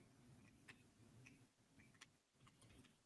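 A 3D-printed plastic side part is handled against the second side of a T-47 snowspeeder model spacecraft body. Faint handling and rubbing noises are broken by two brief, sharp ticks at about 0.7 and 2.0 seconds. The part has not snapped into place yet, and nothing has seated.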